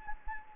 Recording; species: mosquito wingbeat signal from an infrared sensor; Anopheles gambiae